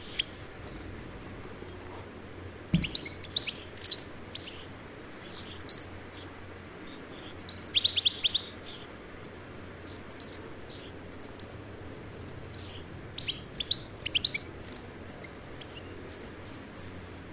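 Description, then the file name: European goldfinch uttering scattered high, liquid twitters and single chirps, some grouped into brief rapid runs, spread irregularly through the recording over a soft low hum. "Carduelis carduelis"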